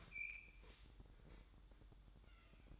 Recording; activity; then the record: daily activity, microphone in the room; open fridge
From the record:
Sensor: 3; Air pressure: 1007.7 hPa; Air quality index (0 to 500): 70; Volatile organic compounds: 1 ppm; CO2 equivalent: 642 ppm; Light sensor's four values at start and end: 12/29/12/12 and 12/29/12/12